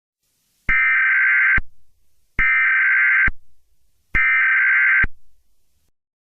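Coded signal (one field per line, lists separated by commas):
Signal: Emergency Alert System (SAME) tones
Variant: header bursts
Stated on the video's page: Fictional, made-up EAS scenario.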